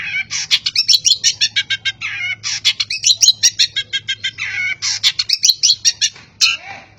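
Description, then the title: Long-tailed shrike song: rapid, dense run of harsh scratchy notes and squeaky chips, delivered in long bursts with brief pauses, low hum beneath. Competition champion bird. "Kicau Burung Cendet Juara"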